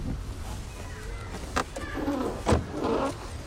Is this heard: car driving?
yes